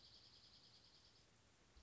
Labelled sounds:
Dark-eyed Junco (Junco hyemalis)
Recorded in Sonoma County, California

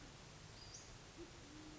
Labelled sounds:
Band-tailed Pigeon (Patagioenas fasciata)
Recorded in Sonoma County, California

